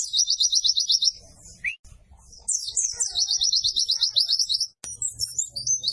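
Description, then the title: White-eye singing fast, high twittering trills with quick rising notes, a short gap midway, and soft low background noise. Pleci (white-eye) singing in gacor style, used for training cage birds. "Pleci Gacor. Masteran Burung PLECI"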